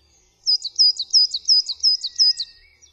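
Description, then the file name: Coal tit singing a fast, bright series of several high two-note phrases, evenly spaced and steady in pitch, against a quiet background. "SOSNÓWKA"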